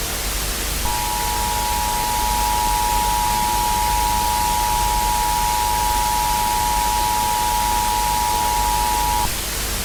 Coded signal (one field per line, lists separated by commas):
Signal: Emergency Alert System (SAME) tones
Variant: 853 and 960 Hz attention tone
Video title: Zombie outbreak (EAS scenario)